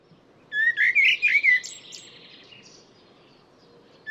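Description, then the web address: Bird song: a short burst of clear whistled and warbled notes near the start, ending in buzzy trills, then quiet with low background hum and a final note. "Deverinetal 2025. Bird Only"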